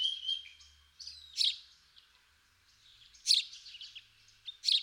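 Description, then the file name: House sparrow giving irregular loud chirps separated by pauses, with softer high twittering and a brief whistle near the start. "Passer domesticus"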